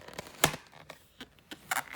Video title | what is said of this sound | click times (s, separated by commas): Hoover Elite Rewind Plus UH71200 Upright Vacuum | snaps in place it goes through the filter and it and it comes out through through | 0.4 s